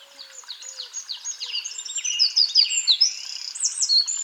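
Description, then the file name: Eurasian wren song: a rapid, tumbling stream of high, sharp notes that builds in loudness, with buzzy trilled stretches near the end. "Troglodytes troglodytes"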